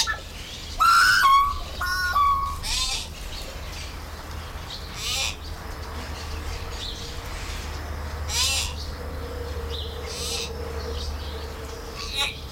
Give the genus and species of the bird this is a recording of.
Gracula religiosa